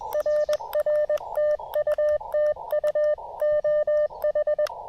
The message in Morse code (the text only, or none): RR TU TU OH